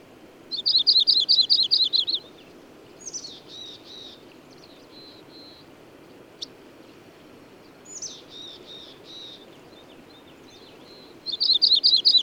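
Bird song: a quick burst of high, buzzy chirps, then softer downslurred notes and a click, with the chirping burst repeated at the end.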